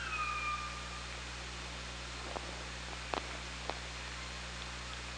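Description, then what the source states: Orca whistle, a thin tone gliding downward at the start, then a few sharp clicks over steady hiss and hum. Recorded on the OrcaLab hydrophone, 24 August 2017 at 17:20.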